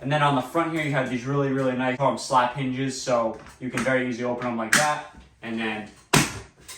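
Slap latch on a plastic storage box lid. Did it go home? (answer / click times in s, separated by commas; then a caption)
yes / 6.1 s, 6.7 s. Someone talks while opening the front slap-style latches on a hard plastic Yeti Loadout GoBox 30 storage box. They then slap them shut, because the latches are designed to be slapped quickly rather than pushed. A sharp click at 6.1 s and a softer one at 6.7 s show the latches seated shut.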